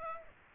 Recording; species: mosquito wingbeat signal from an infrared sensor; Aedes aegypti